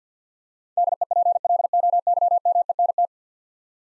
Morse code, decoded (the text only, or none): DEPLOYMENT